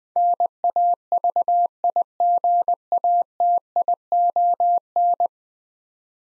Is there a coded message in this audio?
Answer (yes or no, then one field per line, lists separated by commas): yes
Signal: Morse code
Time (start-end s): 0.2-5.3 s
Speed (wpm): 21 wpm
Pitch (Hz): 700 Hz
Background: none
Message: NAVIGATION